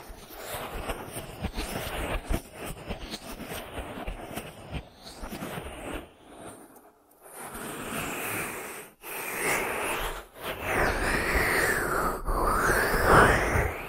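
Ear massage sounds: a dense run of soft rubbing and crackling, with quick irregular scratches in the first six seconds. After a brief hush near seven seconds come longer smooth sweeping strokes, cut by short silent gaps around nine, ten and twelve seconds.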